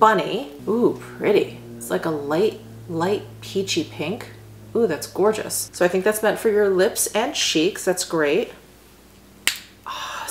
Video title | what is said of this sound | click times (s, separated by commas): Luxury Beauty PR Haul | satisfying click oh that's so good | 9.5 s